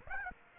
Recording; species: mosquito wingbeat signal from an infrared sensor; Aedes aegypti